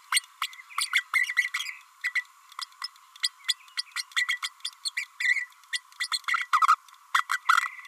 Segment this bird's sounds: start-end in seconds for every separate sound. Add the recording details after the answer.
0.12-0.20, 0.41-0.47, 0.92-1.04, 1.13-1.36, 1.37-1.51, 2.04-2.13, 2.61-2.65, 2.83-2.87, 3.23-3.30, 3.48-3.55, 3.77-3.83, 3.95-4.04, 4.16-4.27, 4.42-4.49, 4.85-4.91, 4.96-5.06, 5.20-5.47, 5.73-5.80, 6.00-6.08, 6.12-6.19, 6.28-6.48, 6.67-6.75, 7.14-7.26, 7.29-7.40, 7.49-7.55. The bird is a female. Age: 30 days. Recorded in a nest box in Venezuela. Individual 17B32A5